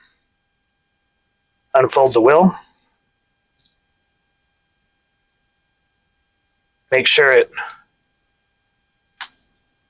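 Someone talks while the plastic foot and wheel assembly on the second leg of a Hasbro Transformers Studio Series 86 action figure (Voyager Hot Rod / Deluxe Kup) is unfolded and pushed onto its peg. A sharp click at 9.2 s marks the part seating home, followed by a faint tick just after.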